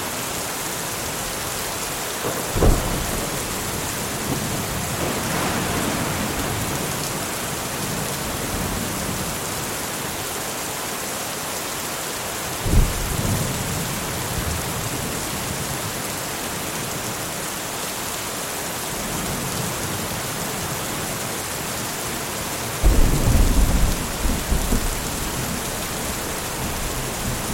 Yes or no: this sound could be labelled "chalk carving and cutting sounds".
no